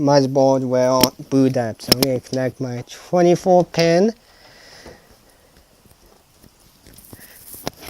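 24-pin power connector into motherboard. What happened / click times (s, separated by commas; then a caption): The power connector is being handled but has not yet clicked home / none. Someone talks for about four seconds while handling a 24-pin ATX power connector to plug into a motherboard socket to test whether it boots. Faint handling noises follow, with small ticks around 6.9 to 7.0 seconds and a brief sharp tick near 7.7 seconds. The clip ends before the part goes home, so nothing has seated or clicked yet.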